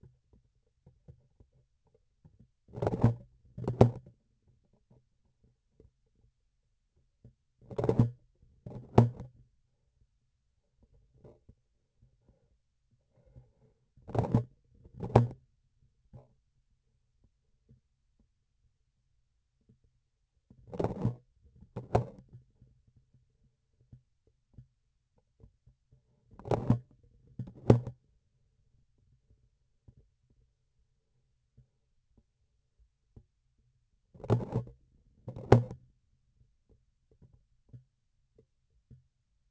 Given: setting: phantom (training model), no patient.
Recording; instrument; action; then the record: laparoscopic instrument, vibration sensor on the handle end; grasping forceps; opening and closing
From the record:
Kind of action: tool actuation without material contact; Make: other than Olympus